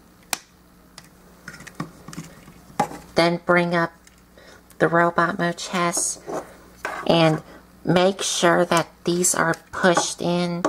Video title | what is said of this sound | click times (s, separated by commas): Transformers Beast Wars Megatron (2021 Walmart Exclusive Version) | right here and bring it up and it will click into place | 0.3 s